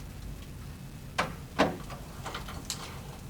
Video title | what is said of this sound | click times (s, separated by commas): How to operate your CPAP equipment. | make sure you hear that click when shutting the humidifier | 1.2 s